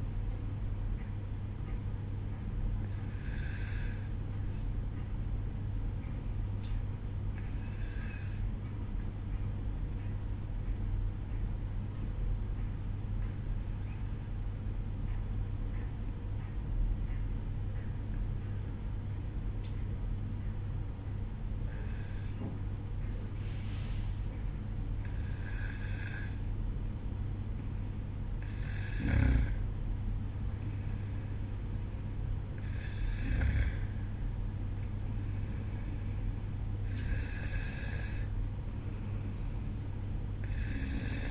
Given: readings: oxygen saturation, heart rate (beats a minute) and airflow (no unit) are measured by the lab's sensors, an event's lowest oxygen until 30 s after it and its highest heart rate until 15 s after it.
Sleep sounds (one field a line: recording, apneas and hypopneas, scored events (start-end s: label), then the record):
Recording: breathing in sleep by a smartphone at the bedside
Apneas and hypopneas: none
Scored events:
3.00-41.31 s: new sleep stage, N2 (light sleep)
From the record:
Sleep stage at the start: N1 (lightest sleep)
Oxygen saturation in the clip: 93 to 95%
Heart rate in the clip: 54 to 57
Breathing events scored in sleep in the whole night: 305 in 9.6 hours asleep